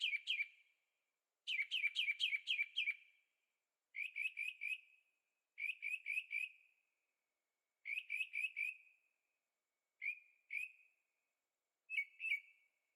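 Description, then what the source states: Bird chirps in quick bursts of two to six bright, slurred notes, separated by short pauses, clear against a silent background. Birds singing at night in Carefree, Arizona; recorded on a Zoom H6 with stereo microphones.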